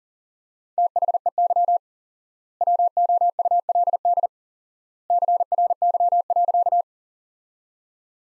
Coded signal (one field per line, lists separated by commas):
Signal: Morse code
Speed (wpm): 40 wpm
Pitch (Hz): 700 Hz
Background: none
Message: THEY WOULD CRY.